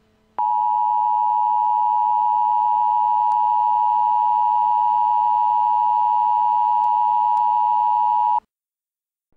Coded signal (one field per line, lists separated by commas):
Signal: Emergency Alert System (SAME) tones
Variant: 853 and 960 Hz attention tone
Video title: An EAS timeline of the Farmersville TX tornado (4/3/2014)